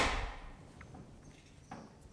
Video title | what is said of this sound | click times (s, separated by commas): Looking For The BEST Socket Rail? Here It Is From VIM Tools! Check Out These Amazing New Tools! | me get some sockets here and i'll show you you can hear it snap down | 0.8 s, 1.7 s